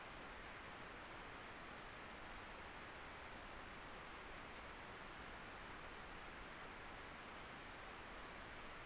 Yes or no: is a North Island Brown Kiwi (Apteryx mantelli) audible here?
no